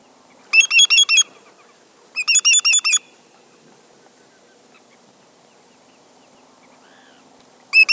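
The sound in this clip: Greater yellowlegs calling in quick bursts of four to five clear, ringing whistled notes, tew-tew-tew-tew, with a pause of about a second between the first two bursts and a longer one before the third.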